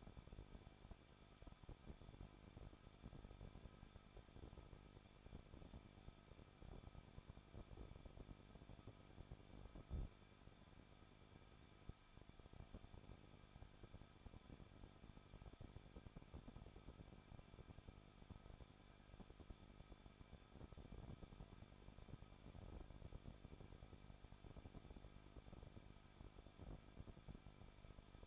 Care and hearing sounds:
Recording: daily activity, microphone in the room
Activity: no activity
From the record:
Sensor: 5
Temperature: 20.8 degrees Celsius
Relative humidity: 38.4%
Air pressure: 1006.5 hPa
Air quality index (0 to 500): 189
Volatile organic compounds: 19 ppm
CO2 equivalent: 2671 ppm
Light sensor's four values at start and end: 2/3/1/1 and 2/3/1/1

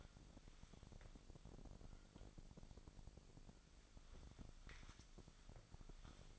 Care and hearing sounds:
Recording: daily activity, microphone in the room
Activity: wipe stove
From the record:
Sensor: 5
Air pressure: 1001.7 hPa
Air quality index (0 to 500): 175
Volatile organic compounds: 10 ppm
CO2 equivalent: 2244 ppm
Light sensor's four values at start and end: 22/76/28/29 and 23/79/29/30

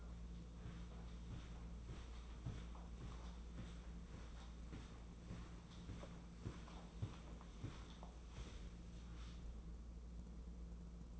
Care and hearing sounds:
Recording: daily activity, microphone in the room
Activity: walk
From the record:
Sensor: 1

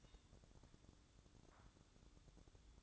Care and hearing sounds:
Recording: daily activity, microphone in the room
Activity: take from stove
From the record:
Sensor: 3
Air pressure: 1008.0 hPa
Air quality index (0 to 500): 124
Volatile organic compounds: 2 ppm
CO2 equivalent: 1028 ppm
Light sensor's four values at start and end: 8/19/8/7 and 8/19/8/7

